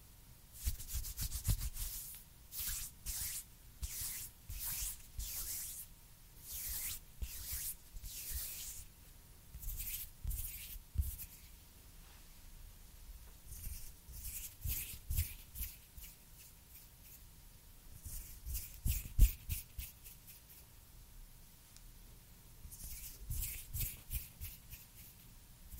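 Hands rub and brush together in irregular bursts, with crisp, bright hissing strokes and soft low thumps underneath. The gestures come in clusters of quick swipes separated by short quiet gaps, with a denser run around the middle and a sharp tap near nineteen seconds.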